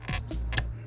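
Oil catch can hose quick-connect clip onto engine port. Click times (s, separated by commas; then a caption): 0.6 s. A plastic hose quick-connect clip on the other side of a JLT 3.0 oil catch can is pushed down onto its engine port on a 2018 Mustang GT. Over background music, softer taps and rustling lead to a sharp snap at 0.6 s. The second clip is seated and the catch can is installed.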